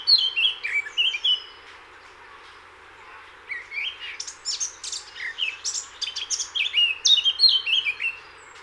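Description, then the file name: Eurasian blackcap with a brief chattering phrase, a pause of about two seconds, then a longer busy warble of scratchy and slurred high notes. "Sylvia atricapilla"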